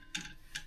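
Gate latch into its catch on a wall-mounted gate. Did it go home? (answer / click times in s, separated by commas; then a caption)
yes / 0.1 s. A gate latch on a pressure-mounted, wall-mounted gate, part-way through fitting, is closed into its catch and locks shut with a sharp click at 0.2 s, followed by a second, fainter click around 0.6 s. The gate will only lock if the right packing spacer is fitted, and the latch is confirmed seated.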